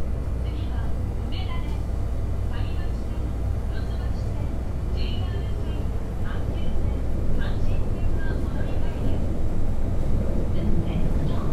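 An Osaka Metro 10 series chopper train runs with a steady deep rumble, scattered faint voices and clicks above, growing slightly louder after midway.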